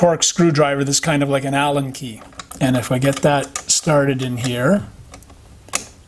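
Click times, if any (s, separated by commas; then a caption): 5.8 s. A Torx screwdriver is turned on a tight, seized mounting screw of the turn signal switch in the cramped steering column area of a 2008 Cadillac STS. Someone talks for the first five seconds, then a few faint ticks lead to a sharp small snap at 5.7 s as the threads break loose and the screw is released.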